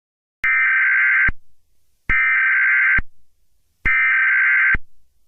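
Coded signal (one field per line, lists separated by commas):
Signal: Emergency Alert System (SAME) tones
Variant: header bursts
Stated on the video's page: Fictional EAS scenario using valid EAS tones.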